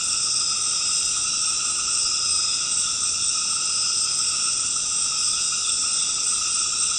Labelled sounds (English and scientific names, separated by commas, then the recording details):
none
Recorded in secondary vegetation near Puerto Asís, Putumayo, Colombia, on 8 March 2025 at 20:00
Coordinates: 0.485, -76.322
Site G040